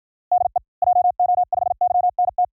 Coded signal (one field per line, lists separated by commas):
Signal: Morse code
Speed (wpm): 53 wpm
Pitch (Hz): 720 Hz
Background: none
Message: DE JO5YNT